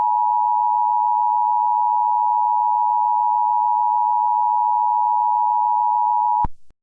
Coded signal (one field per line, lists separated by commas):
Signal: Emergency Alert System (SAME) tones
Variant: 853 and 960 Hz attention tone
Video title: EAS MOCK II 12/21/13 II Aint no way vro nahh ts tuff pmo...